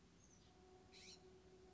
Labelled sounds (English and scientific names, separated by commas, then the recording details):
Blue-gray Gnatcatcher (Polioptila caerulea)
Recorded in Sonoma County, California